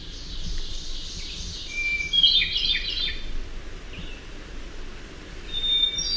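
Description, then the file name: Hermit thrush song: a steady pure whistle opens a quick ethereal flourish, a second phrase follows later, with constant background hiss. "HETH song"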